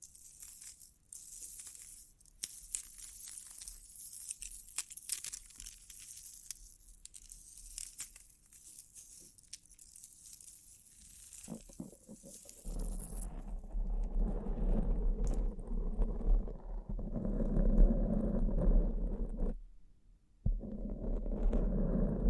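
Bling bling triggers: for the first twelve seconds, light crisp tapping and rustling with bright little clicks and crinkles. Around thirteen seconds the sound turns darker and fuller, a dense rumbling scrape with a low hum that breaks off briefly near twenty seconds and returns.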